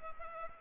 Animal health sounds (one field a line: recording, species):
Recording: mosquito wingbeat signal from an infrared sensor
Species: Culex pipiens